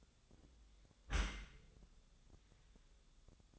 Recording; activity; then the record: daily activity, microphone in the room; close dishwasher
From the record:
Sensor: 3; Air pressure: 1004.7 hPa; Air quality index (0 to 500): 101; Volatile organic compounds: 4 ppm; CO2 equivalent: 1570 ppm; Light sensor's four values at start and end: 7/17/7/7 and 7/17/7/7